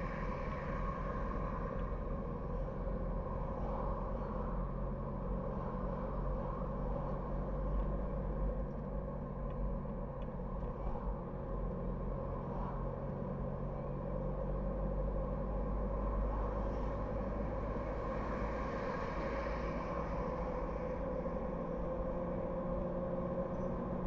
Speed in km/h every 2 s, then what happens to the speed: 44, 47, 48, 49, 51, 48, 49, 50, 53, 55, 59, 63.
0-7 speeds up to 51. 7-13 steady at about 49. 13-24 speeds up to 63.